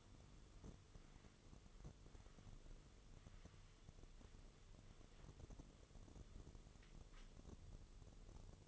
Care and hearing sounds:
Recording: daily activity, microphone in the room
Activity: wipe stove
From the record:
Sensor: 4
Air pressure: 1015.9 hPa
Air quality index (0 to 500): 116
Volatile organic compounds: 2 ppm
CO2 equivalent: 1304 ppm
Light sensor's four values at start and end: 9/19/7/7 and 9/19/7/7

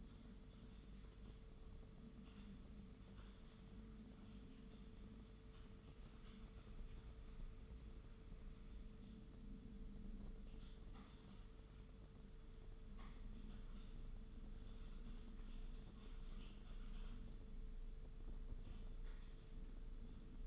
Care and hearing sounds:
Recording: daily activity, microphone in the room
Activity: typing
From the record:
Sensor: 4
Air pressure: 995.3 hPa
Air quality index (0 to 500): 198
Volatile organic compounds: 141 ppm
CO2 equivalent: 3981 ppm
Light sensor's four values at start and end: 10/25/9/11 and 10/25/9/11

